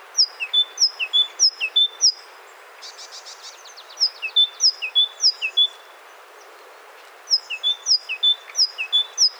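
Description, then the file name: Great tit calls: quick runs of high notes that slide down and are repeated several times, broken by a brief buzzy rattle, then more of the same phrase. "Parus major"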